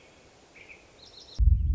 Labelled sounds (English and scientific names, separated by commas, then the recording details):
American Robin (Turdus migratorius)
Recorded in Sonoma County, California